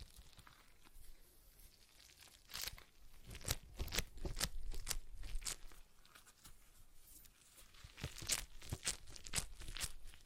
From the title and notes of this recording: ASMR Relaxing Stress Ball Sounds (No Talking).